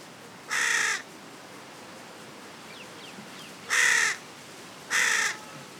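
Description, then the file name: Carrion crow calling three coarse caws, one early and two close together later. "Corvus corone"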